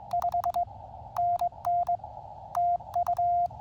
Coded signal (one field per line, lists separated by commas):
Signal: Morse code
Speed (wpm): 21 wpm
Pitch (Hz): 700 Hz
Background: none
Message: 5NN TU